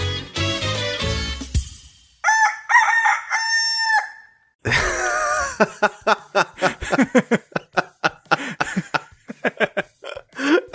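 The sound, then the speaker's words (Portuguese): A human voice imitates a rooster as a jingle for the game segment 'Jogo do Galo Gigante' (Giant Rooster Game), giving two loud, drawn-out wavering crows, then a fast run of short, choppy clucking bursts that repeat steadily to the end. “Fala aí qual o nome do jogo que eu faço a vinheta. Jogo do Galo Gigante.”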